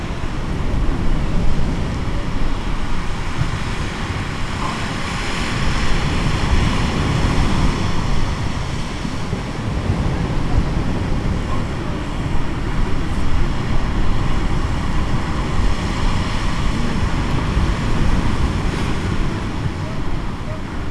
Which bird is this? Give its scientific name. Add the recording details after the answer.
Pygoscelis papua. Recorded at the colony at Fort Point, Antarctica, on 25 December 2014. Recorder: Song Meter SM2+